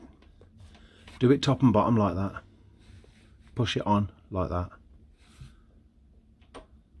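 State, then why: Seated. A rear fitting on a Lexmoto Vixen 125cc motorcycle is pushed further onto its mount, up to a marked line at the top and bottom, while someone talks. After a quiet stretch, a single sharp click is heard at 6.6 s as the part seats into place.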